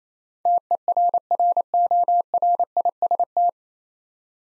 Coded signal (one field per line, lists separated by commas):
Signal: Morse code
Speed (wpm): 28 wpm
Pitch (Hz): 700 Hz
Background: none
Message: TERRORIST